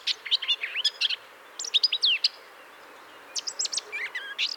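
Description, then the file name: Eurasian blackcap song: three bursts of quick, varied warbled notes, some fluty and whistled, separated by short pauses. "Sylvia atricapilla"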